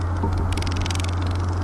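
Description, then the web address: Grasshopper crackling, a fast run of dry, sharp clicks that grows louder partway through and continues to the end, over a steady low hum. "circotettix"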